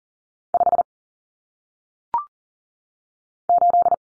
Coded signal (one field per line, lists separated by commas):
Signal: Morse code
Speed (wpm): 40 wpm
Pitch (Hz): 700 Hz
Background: none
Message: 5 8